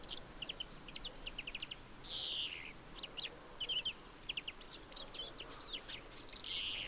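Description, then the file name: European greenfinch calls: rapid chirp runs, a drawn-out descending nasal wheeze early on, more trilled bursts and another wheeze at the end. "Chloris chloris"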